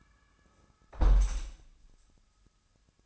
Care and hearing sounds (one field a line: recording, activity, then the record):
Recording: daily activity, microphone in the room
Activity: close window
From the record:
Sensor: 2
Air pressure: 1000.3 hPa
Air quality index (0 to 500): 135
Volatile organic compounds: 2 ppm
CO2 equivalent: 1125 ppm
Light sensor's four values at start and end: 11/30/11/13 and 11/30/11/13